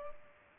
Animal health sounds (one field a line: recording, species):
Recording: mosquito wingbeat signal from an infrared sensor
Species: Culex pipiens